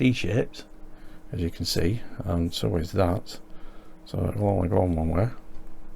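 Someone talks while handling a D-shaped plastic part from the rear shock area of a scale YZR M1 motorcycle model, lining it up with its matching D-shaped mounting peg so it can only fit one way. The part has not seated or clicked into place yet; only speech and soft handling are heard.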